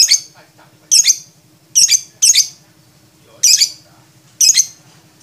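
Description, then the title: Lovebird calls: harsh high squeaks, some paired, spaced irregularly with quiet gaps. Lovebird described as a champion with a clear voice; masteran recording for training other songbirds. "MASTERAN BURUNG 2. Kicau Suara Burung Lovebird Juara Suara Bening"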